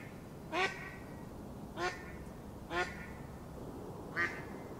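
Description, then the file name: Mallard quacks: four harsh, nasal calls spaced unevenly over about five seconds. "mallard duck sound"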